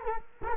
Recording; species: mosquito wingbeat signal from an infrared sensor; Culex quinquefasciatus